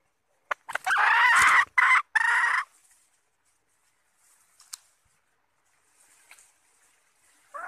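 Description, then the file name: Red junglefowl giving a few loud raspy notes in quick succession, followed by quiet with faint scattered clicks. Female red junglefowl calling to find a mate. "tieng ga rung mai keu tim kiem ban tinh"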